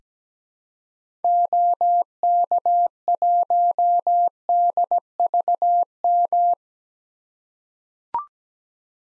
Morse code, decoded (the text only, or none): OK1DVM